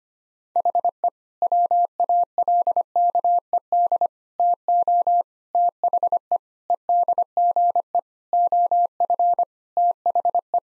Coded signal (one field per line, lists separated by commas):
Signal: Morse code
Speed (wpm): 25 wpm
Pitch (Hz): 700 Hz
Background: none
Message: HE WALKED TO THE EDGE OF THE